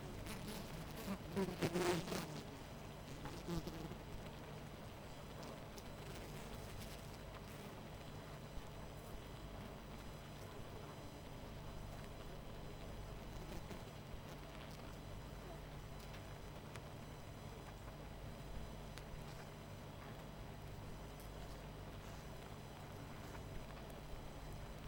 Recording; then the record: honeybee colony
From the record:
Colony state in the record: missing queen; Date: 14 July 2017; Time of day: 20:56